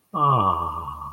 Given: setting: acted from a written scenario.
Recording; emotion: vocal sound without words; ecstasy